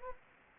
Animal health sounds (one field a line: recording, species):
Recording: mosquito wingbeat signal from an infrared sensor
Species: Anopheles arabiensis